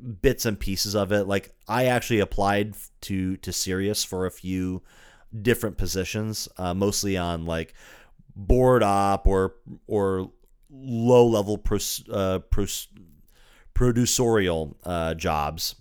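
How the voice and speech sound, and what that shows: A man speaks in a low voice with frequent breaks: whole words repeat ("to to", "or or", "pros, pros"), some sounds stretch, and fillers and pauses recur. These repetitions and hesitations are mild stuttering that persists into adulthood after a very pronounced stutter in childhood.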